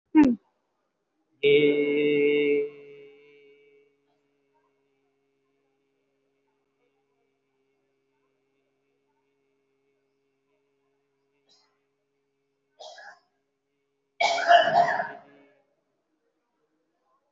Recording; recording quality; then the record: sustained vowel as in made; moderate, slight background noise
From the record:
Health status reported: COVID-19 positive, moderate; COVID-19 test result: positive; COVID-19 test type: RT-PCR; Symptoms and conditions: fever, muscle pain, loss of smell and taste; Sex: male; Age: 28 years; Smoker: no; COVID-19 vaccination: both doses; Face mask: worn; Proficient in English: yes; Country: India